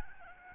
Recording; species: mosquito wingbeat signal from an infrared sensor; Aedes albopictus